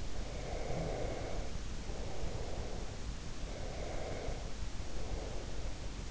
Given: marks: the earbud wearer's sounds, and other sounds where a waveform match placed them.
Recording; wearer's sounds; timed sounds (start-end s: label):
sounds in sleep by an in-ear microphone; breath
0.26-2.86 s: breath
3.29-5.96 s: breath